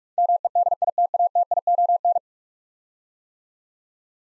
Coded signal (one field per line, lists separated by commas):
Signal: Morse code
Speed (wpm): 44 wpm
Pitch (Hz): 700 Hz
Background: none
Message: MEDITATION